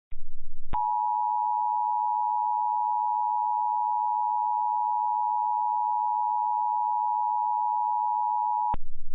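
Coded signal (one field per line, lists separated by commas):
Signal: Emergency Alert System (SAME) tones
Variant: 853 and 960 Hz attention tone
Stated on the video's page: Mock EAS alert using valid EAS tones for a local area emergency.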